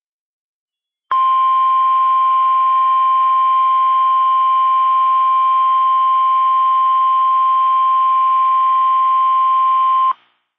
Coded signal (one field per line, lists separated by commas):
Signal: Emergency Alert System (SAME) tones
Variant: 1050 Hz attention tone